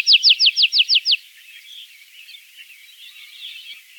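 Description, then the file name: Tree pipit song: a brief burst of quick repeated notes, then low background twittering for the rest. "konek lesnojj"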